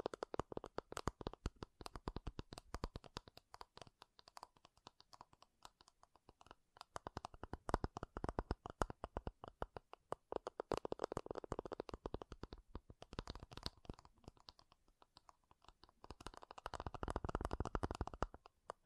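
Makeup containers are tapped and scratched in dense, rapid bursts of crisp clicks that run almost without pause. The tapping thickens into fuller, heavier clusters around 11 seconds and again near 17 seconds, with brief quieter gaps near 6 and 15 seconds.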